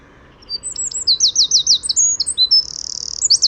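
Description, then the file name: Eurasian wren song: high, rapid trills run straight into a sustained buzzy rattle, ending in quick sharp notes, bright and forceful. "Troglodytes troglodytes"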